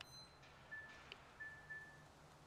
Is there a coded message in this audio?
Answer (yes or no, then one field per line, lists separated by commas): no